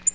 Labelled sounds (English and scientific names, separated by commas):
Tennessee Warbler (Leiothlypis peregrina) flight call